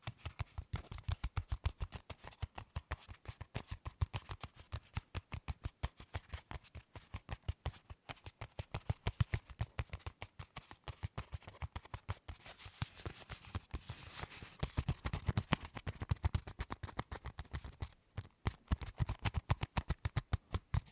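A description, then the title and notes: Rapid tapping on hard objects runs through the whole clip as dense, sharp clicks in quick succession. The pace shifts between faster bursts and slightly sparser stretches, with a brighter, crisper tapping texture around 12 to 15 seconds and a brief pause near 18 seconds. ASMR Fast & Slow Tapping on 6 Objects No Talking.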